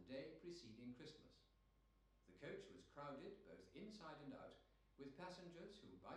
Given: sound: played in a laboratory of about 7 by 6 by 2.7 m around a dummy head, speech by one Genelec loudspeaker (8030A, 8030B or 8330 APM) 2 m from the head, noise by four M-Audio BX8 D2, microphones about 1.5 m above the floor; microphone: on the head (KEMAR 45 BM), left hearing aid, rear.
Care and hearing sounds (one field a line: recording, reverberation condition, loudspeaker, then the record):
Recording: male speech in English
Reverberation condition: medium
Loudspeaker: 150 degrees to the right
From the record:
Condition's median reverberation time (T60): about 510 ms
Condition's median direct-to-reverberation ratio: about -0.5 dB